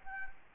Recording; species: mosquito wingbeat signal from an infrared sensor; Anopheles gambiae